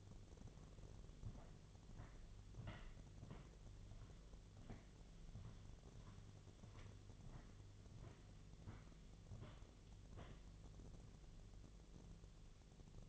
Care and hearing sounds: daily activity, microphone in the room; walk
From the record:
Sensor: 4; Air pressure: 1009.2 hPa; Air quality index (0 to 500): 172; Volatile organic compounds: 5 ppm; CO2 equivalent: 1734 ppm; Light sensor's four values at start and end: 25/78/30/29 and 25/77/30/29

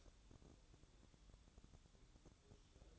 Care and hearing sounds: daily activity, microphone in the room; light on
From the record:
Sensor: 3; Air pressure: 1007.9 hPa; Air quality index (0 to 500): 95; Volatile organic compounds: 1 ppm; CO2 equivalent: 800 ppm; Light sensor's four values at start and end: 10/24/10/10 and 16/42/17/16

